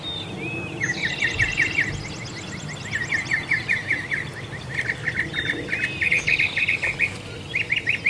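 Mockingbird song over a noisy background, a long series of quick repeated chirps with occasional higher trills and slurred notes mixed in.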